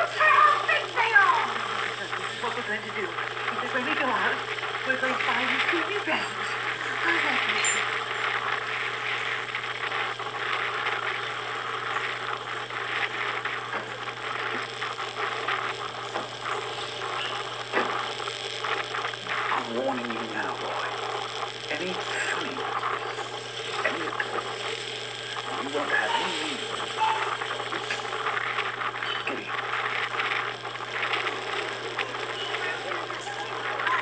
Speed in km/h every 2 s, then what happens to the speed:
32, 33, 35, 37, 38, 37, 36, 33, 33, 33, 32, 30, 29, 30, 32, 33, 32.
0-11 steady at about 35. 11-23 slows to 29. 23-34 steady at about 32.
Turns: none.